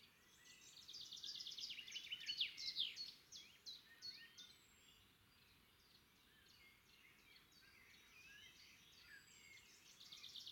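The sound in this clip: Birds chirping and twittering in a busy high-pitched chorus, strongest early on, then thinning to scattered notes over steady background hiss.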